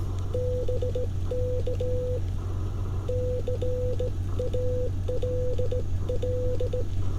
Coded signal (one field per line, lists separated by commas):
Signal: Morse code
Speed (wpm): 17 wpm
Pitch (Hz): 500 Hz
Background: none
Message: BK CALL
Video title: J-38 + IC-705 On The Air: 15 WPM CW POTA Activation of Crows Nest Natural Preserve VA